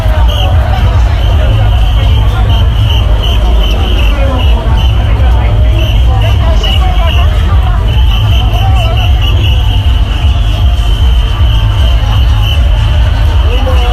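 A dense Halloween crowd in Shibuya fills the whole stretch with overlapping voices, a constant babble with no single speaker standing out. A steady low rumble runs underneath, and a thin high tone holds throughout. The loudness stays level from start to end.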